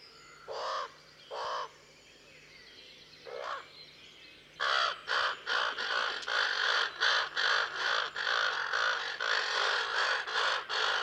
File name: Common Raven (Corvus corax)